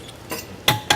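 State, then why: Seated. A component being fitted into a scale assembly is pushed together during a hands-on assembly task at a scale maker. After a faint, softer contact around 0.3 s, two sharp clicks ring out at 0.7 s and 0.9 s. The click means the part is aligned and seated.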